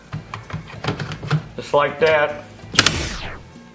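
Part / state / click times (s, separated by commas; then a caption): battery pack into a cordless chainsaw / seated / 2.8 s, 2.9 s. A battery pack is popped into the battery well of a Stihl cordless electric chainsaw and pushed all the way down while someone talks over a series of light knocks and handling sounds. Two sharp clicks ring out at 2.8 s and 2.9 s as the battery seats in its slot.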